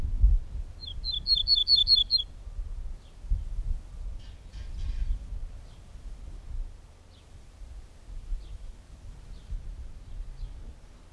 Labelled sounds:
Ortolan Bunting (Emberiza hortulana) song

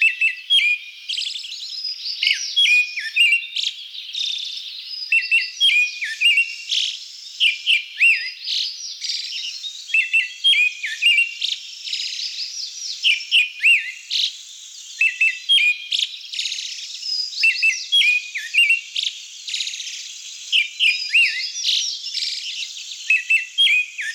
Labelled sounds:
Pale Thrush (Turdus pallidus) song

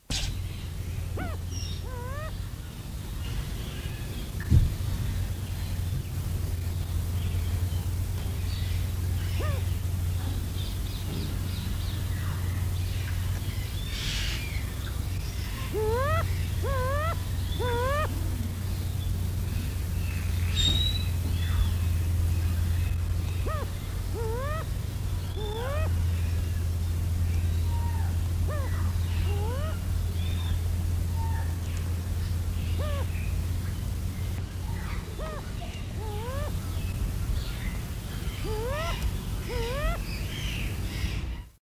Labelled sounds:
Bare-faced Curassow (Crax fasciolata) call

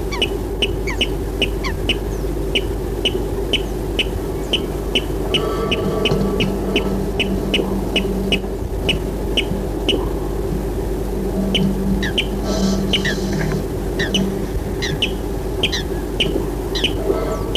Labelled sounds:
Water Rail (Rallus aquaticus)

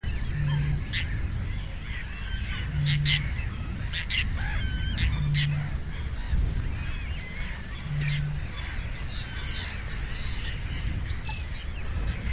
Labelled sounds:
Whiskered Tern (Chlidonias hybrida) flight call

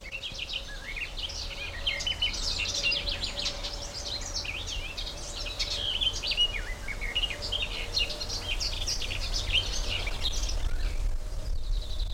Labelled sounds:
Garden Warbler (Sylvia borin)

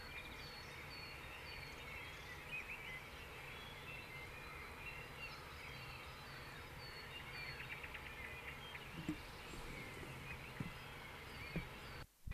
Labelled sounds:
Common Blackbird (Turdus merula) song

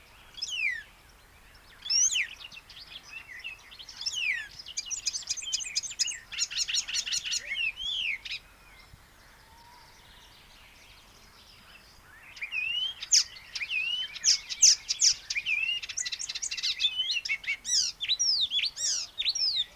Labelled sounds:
Icterine Warbler (Hippolais icterina) song

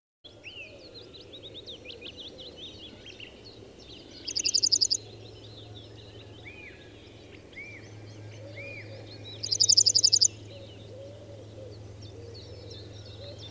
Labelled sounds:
Yellowhammer (Emberiza citrinella) song

